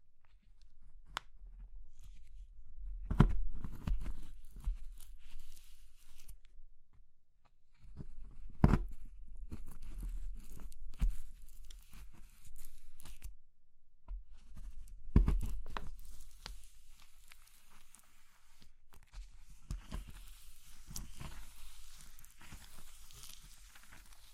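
Crunching and crumbling of soft brittle material like chalk, soap or meringue, in uneven bursts with short pauses. Sharp louder cracks stand out near 3, 9 and 15 seconds, and a dry, gritty crackle fills the later part. A low thump underlies the busier stretches.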